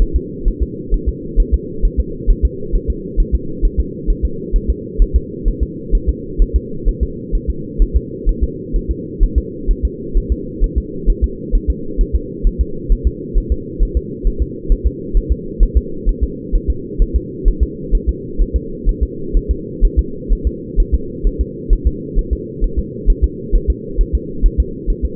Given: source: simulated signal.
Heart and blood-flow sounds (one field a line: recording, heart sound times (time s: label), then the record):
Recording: fetal heart sounds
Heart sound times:
0.02 s: S1
0.16 s: S2
0.48 s: S1
0.63 s: S2
0.94 s: S1
1.09 s: S2
1.40 s: S1
1.54 s: S2
1.85 s: S1
2.00 s: S2
2.30 s: S1
2.45 s: S2
2.75 s: S1
2.90 s: S2
3.20 s: S1
3.35 s: S2
3.65 s: S1
3.80 s: S2
4.10 s: S1
4.25 s: S2
4.56 s: S1
4.70 s: S2
5.02 s: S1
5.16 s: S2
5.48 s: S1
5.63 s: S2
5.95 s: S1
6.09 s: S2
6.42 s: S1
6.56 s: S2
6.88 s: S1
7.03 s: S2
7.35 s: S1
7.50 s: S2
7.82 s: S1
7.96 s: S2
8.29 s: S1
8.43 s: S2
8.76 s: S1
8.91 s: S2
9.23 s: S1
9.38 s: S2
9.71 s: S1
9.85 s: S2
10.17 s: S1
10.32 s: S2
10.64 s: S1
10.78 s: S2
11.10 s: S1
11.24 s: S2
11.55 s: S1
11.70 s: S2
12.01 s: S1
12.15 s: S2
12.47 s: S1
12.61 s: S2
12.92 s: S1
13.07 s: S2
13.38 s: S1
13.52 s: S2
13.83 s: S1
13.97 s: S2
14.27 s: S1
14.42 s: S2
14.72 s: S1
14.87 s: S2
15.17 s: S1
15.32 s: S2
15.63 s: S1
15.77 s: S2
16.09 s: S1
16.23 s: S2
16.55 s: S1
16.70 s: S2
17.02 s: S1
17.16 s: S2
17.48 s: S1
17.63 s: S2
17.95 s: S1
18.09 s: S2
18.41 s: S1
18.56 s: S2
18.89 s: S1
19.03 s: S2
19.37 s: S1
19.51 s: S2
19.85 s: S1
19.99 s: S2
20.33 s: S1
20.47 s: S2
20.80 s: S1
20.94 s: S2
21.27 s: S1
21.41 s: S2
21.73 s: S1
21.87 s: S2
22.19 s: S1
22.33 s: S2
22.64 s: S1
22.79 s: S2
23.10 s: S1
23.24 s: S2
23.55 s: S1
23.70 s: S2
24.01 s: S1
24.15 s: S2
24.46 s: S1
24.60 s: S2
24.90 s: S1
25.05 s: S2
From the record:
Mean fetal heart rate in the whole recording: 130 bpm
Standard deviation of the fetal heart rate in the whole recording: 2 bpm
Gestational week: 38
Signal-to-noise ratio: -4.3 dB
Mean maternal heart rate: 72 bpm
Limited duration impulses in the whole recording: absent